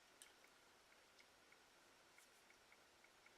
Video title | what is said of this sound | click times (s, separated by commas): UCO Micro Candle Review and Basic Maintenance | essentially you line those up like so, give it a twist, and it locks in place. | 0.2 s